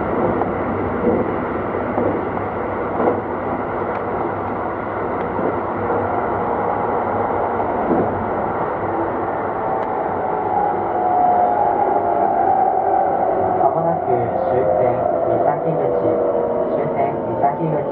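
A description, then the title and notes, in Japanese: A Keikyu 2100 series train runs between Yokohama and Misakiguchi, with a steady, dense rumble of wheels and motors throughout. From about ten seconds, a thin whining tone rises above the roar, gliding slowly and fading by the end, as the sound swells slightly. 京急2100形 横浜〜三崎口。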